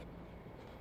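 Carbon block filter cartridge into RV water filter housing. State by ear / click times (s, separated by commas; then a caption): not seated / none. A carbon block filter cartridge with silicone-greased O-rings is being screwed into the end of a Clear2O DirtGUARD CTFS8000 RV water filter housing and turned to snug it. Only a steady low rumbling background is heard, with no sharp hit. Nothing has seated or clicked yet.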